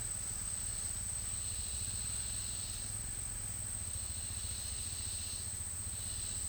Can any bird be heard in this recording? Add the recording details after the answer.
no. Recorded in dense forest near Puerto Asís, Putumayo, Colombia, on 19 March 2025 at 10:30. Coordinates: 0.503, -76.323. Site GP09